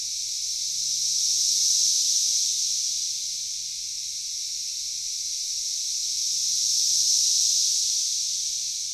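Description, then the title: Cicadas in a dense, high buzzing chorus that swells and fades in slow waves, loudest about two and seven seconds in, with no other clear sounds. Cicadas calling in a backyard in Knoxville, Tennessee, USA. "3619 Alpine Dr SE, Knoxville, TN 37920, USA - Backyard Cicadas"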